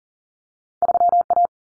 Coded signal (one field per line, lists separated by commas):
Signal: Morse code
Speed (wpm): 40 wpm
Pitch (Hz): 700 Hz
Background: none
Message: 3A